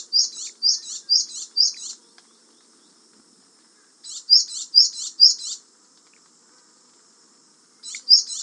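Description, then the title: Japanese tit sounding bright, high, squeaky phrases in short bursts of four or five, separated by quiet gaps of about two seconds, with a faint steady hiss behind. "suara burung gelatik batu jepang"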